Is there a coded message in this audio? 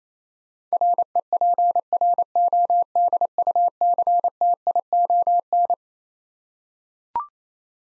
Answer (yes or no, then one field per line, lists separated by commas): yes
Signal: Morse code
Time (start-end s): 0.7-5.7 s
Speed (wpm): 28 wpm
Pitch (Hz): 700 Hz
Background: none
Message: REPRODUCTION